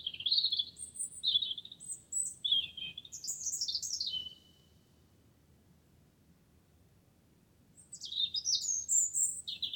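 Wren song, an energetic, rapid string of high chirps and trills for about four seconds, a pause, then another burst.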